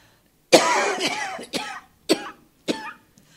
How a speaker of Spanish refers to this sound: Entonces me acerco al escritorio y como no me salían las palabras de la calentura que tenía, empiezo a toser.